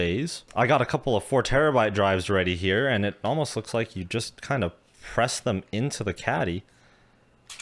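Someone talks while handling a couple of 3.5-inch, 4 TB hard drives, getting ready to press one into a plastic tool-less drive caddy. The clip is mostly speech, with a quiet pause near the end. Nothing has seated or clicked into the caddy yet.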